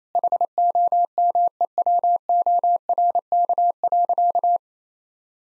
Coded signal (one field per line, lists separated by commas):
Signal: Morse code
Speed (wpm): 28 wpm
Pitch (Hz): 700 Hz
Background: none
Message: HOMEWORK.